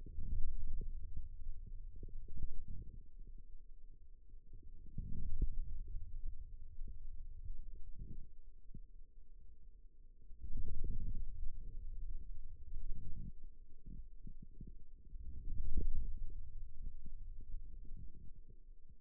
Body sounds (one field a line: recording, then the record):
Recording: forearm muscle sounds (acoustic myography)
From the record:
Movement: ulnar deviation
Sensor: system 2, bracelet of six BSWA MPA416 microphones around the upper forearm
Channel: 2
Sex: male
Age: 22 years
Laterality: right